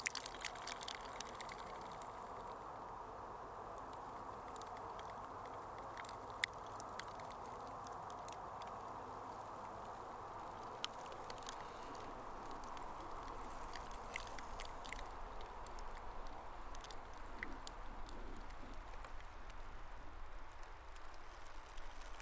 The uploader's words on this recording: The delicate creaking and cracking of the sea ice at Munkkiniemi beach. The ebb and flow of the sea water pushes and pulls the ice blocks. I had to place the recorder deep into a crevice of the ice to pick up these tiny sounds. Recorded by Chris Bradbury.